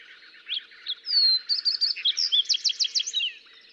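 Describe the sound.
Fox sparrow song: a few opening notes, then a rich run of sweet whistles and buzzy trilled phrases lasting about three seconds.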